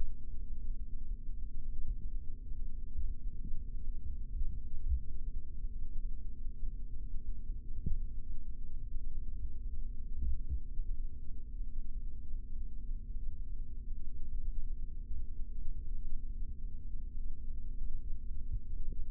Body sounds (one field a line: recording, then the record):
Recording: forearm muscle sounds (acoustic myography)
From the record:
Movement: rest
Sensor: system 3, bracelet of six PUI Audio POM-2738L microphones around the upper forearm, with dedicated amplification and filtering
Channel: 5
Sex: male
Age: 26 years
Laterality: right